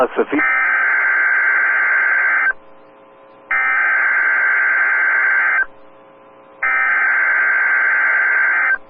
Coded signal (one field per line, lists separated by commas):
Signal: Emergency Alert System (SAME) tones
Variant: header bursts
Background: speech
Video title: We Aren't Done Yet | EAS Alerts from 9/17/2022 (EAS #1414-1430)